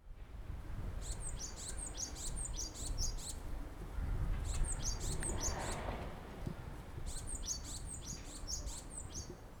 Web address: bird song isigakisizyuukara